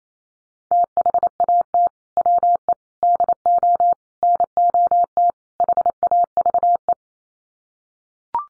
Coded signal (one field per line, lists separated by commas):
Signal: Morse code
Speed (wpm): 28 wpm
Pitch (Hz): 700 Hz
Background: none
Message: THAT WE DO NOT HAVE